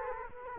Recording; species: mosquito wingbeat signal from an infrared sensor; Culex quinquefasciatus